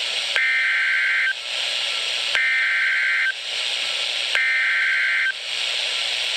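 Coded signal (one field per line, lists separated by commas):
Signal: Emergency Alert System (SAME) tones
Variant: header bursts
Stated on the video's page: Severe thunderstorm warning EAS alert from NOAA weather radio station WXJ87 Madison, Wisconsin.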